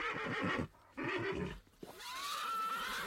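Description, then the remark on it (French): Horses neigh in panic, several shrill, wavering whinnies in quick succession, with a brief gap between bursts and a final rising, trembling cry that carries loudly to the end. “Et les chevaux paniquent.”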